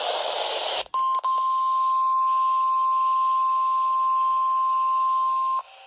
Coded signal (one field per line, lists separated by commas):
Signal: Emergency Alert System (SAME) tones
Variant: 1050 Hz attention tone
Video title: RWT INSANITY!!| EAS #33-40| Required Weekly Test| KXI76, KXI89, WXJ31, KEC80, WXM32